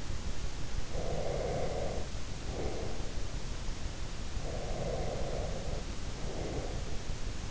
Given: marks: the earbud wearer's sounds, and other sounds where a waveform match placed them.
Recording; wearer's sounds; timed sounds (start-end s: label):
sounds in sleep by an in-ear microphone; breath
0.81-3.01 s: breath
4.29-7.07 s: breath